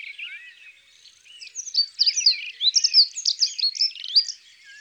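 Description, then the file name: Dunnock song starting softly, then swelling into a hurried, high, scratchy warble of tumbling notes before fading. "Accenteur mouchet ABC des chants doiseaux"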